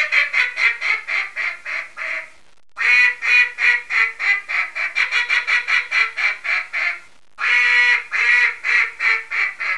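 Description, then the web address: Mallard quacking in fast repeated series of raspy, nasal quacks, broken by two short pauses. "Duck 224-Mallard"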